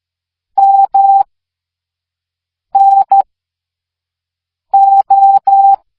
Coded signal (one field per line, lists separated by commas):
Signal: Morse code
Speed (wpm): 13 wpm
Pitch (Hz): 790 Hz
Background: none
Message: M N O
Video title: Morse Code | LearnItAll